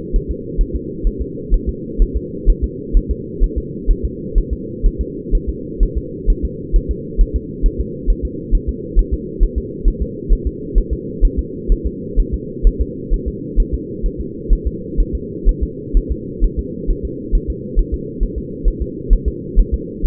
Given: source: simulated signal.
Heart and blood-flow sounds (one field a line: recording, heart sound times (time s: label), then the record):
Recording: fetal heart sounds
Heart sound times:
0.16 s: S1
0.31 s: S2
0.61 s: S1
0.76 s: S2
1.07 s: S1
1.22 s: S2
1.54 s: S1
1.69 s: S2
2.02 s: S1
2.17 s: S2
2.50 s: S1
2.64 s: S2
2.97 s: S1
3.11 s: S2
3.44 s: S1
3.58 s: S2
3.91 s: S1
4.05 s: S2
4.38 s: S1
4.53 s: S2
4.86 s: S1
5.01 s: S2
5.35 s: S1
5.50 s: S2
5.83 s: S1
5.98 s: S2
6.30 s: S1
6.45 s: S2
6.76 s: S1
6.91 s: S2
7.21 s: S1
7.36 s: S2
7.66 s: S1
7.81 s: S2
8.10 s: S1
8.25 s: S2
8.55 s: S1
8.69 s: S2
8.99 s: S1
9.14 s: S2
9.43 s: S1
9.58 s: S2
9.88 s: S1
10.02 s: S2
10.33 s: S1
10.47 s: S2
10.78 s: S1
10.93 s: S2
11.25 s: S1
11.39 s: S2
11.72 s: S1
11.87 s: S2
12.20 s: S1
12.34 s: S2
12.67 s: S1
12.81 s: S2
13.13 s: S1
13.28 s: S2
13.60 s: S1
13.74 s: S2
14.06 s: S1
14.21 s: S2
14.53 s: S1
14.67 s: S2
15.00 s: S1
15.15 s: S2
15.49 s: S1
15.63 s: S2
15.97 s: S1
16.12 s: S2
16.44 s: S1
16.59 s: S2
16.91 s: S1
17.05 s: S2
17.35 s: S1
17.50 s: S2
17.79 s: S1
17.94 s: S2
18.23 s: S1
18.38 s: S2
18.68 s: S1
18.82 s: S2
19.13 s: S1
19.28 s: S2
19.59 s: S1
19.74 s: S2
20.06 s: S1
From the record:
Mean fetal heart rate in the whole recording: 130 bpm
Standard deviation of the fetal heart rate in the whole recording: 4 bpm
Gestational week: 38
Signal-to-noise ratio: -4.1 dB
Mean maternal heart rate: no maternal heart sound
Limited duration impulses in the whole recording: absent